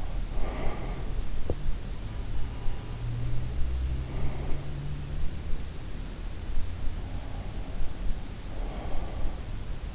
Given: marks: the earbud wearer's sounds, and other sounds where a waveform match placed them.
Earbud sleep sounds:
sounds in sleep by an in-ear microphone; breath
0.00-1.03 s: breath
2.19-5.41 s: sound from someone else or the room

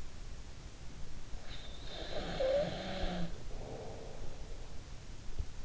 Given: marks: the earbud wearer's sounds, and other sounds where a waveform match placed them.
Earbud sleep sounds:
sounds in sleep by an in-ear microphone; snoring breath
1.31-4.79 s: snoring breath

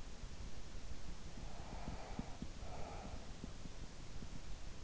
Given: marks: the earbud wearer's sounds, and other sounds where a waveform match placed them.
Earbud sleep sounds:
sounds in sleep by an in-ear microphone; breath
0.93-3.82 s: breath

